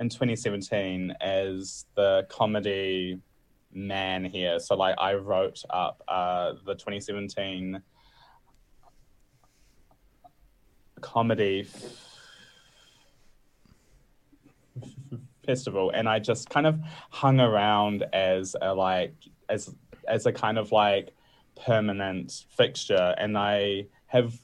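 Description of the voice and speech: A man who stutters speaks in a low voice in a conversational setting. His speech is broken by silent blocks of about three seconds in mid-phrase, stretched sounds and repeated words and phrases ('is, is, is'). These are stuttering disfluencies interrupting otherwise fluent speech.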